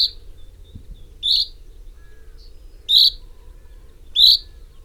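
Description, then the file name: Common chaffinch giving three bright, clipped calls. "Fringilla coelebs"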